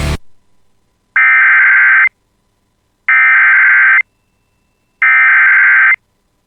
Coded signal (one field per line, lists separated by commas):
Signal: Emergency Alert System (SAME) tones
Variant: header bursts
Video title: [EAS] Severe Thunderstorm Warning for the Bemidji Area (6/10/26)